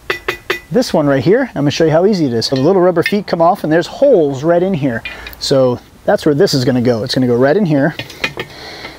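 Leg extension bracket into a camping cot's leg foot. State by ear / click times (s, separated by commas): seated / 8.4 s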